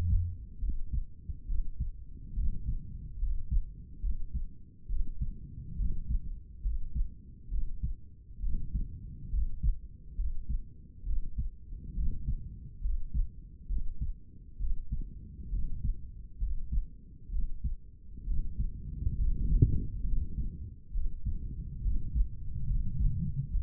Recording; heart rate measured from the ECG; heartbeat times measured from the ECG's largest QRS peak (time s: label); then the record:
heart sounds by stethoscope; 68 bpm
0.63 s: heartbeat
1.49 s: heartbeat
2.37 s: heartbeat
3.22 s: heartbeat
4.04 s: heartbeat
4.90 s: heartbeat
5.80 s: heartbeat
6.65 s: heartbeat
7.52 s: heartbeat
8.44 s: heartbeat
9.33 s: heartbeat
10.19 s: heartbeat
11.07 s: heartbeat
11.97 s: heartbeat
12.84 s: heartbeat
13.70 s: heartbeat
14.61 s: heartbeat
15.53 s: heartbeat
16.42 s: heartbeat
17.33 s: heartbeat
18.28 s: heartbeat
19.19 s: heartbeat
20.07 s: heartbeat
20.95 s: heartbeat
21.85 s: heartbeat
22.70 s: heartbeat
23.54 s: heartbeat
From the record:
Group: healthy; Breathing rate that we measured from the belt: 18 breaths a minute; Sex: male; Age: 30 years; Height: 188 cm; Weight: 110.2 kg